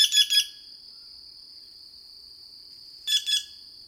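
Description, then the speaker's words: Green Jay giving two short bursts of quick, ringing notes about three seconds apart, with a continuous high-pitched insect hum underneath. Several green jays met around a bend in the lower Rio Grande Valley, Texas, in early March, giving resonant musical notes likened to blue jay calls. "Around the bend, we come across more green jays, giving resonant musical notes, reminding me of the soundings of our blue jays back home."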